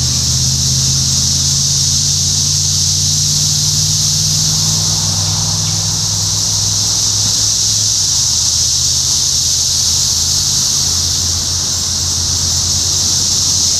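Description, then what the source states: Cicada chorus as a constant high buzzing hiss, with a low engine-like hum underneath that changes pitch midway. Recorded in Topeka, Kansas, on 14 June 2015; several cicadas.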